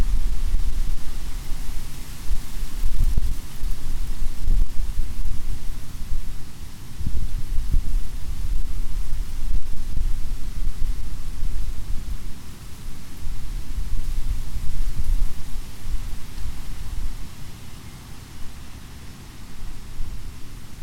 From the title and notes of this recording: Warning: wind clipping audio throughout (especially in the left ear). Windy day in an oak and hickory stand adjacent to a mill pond.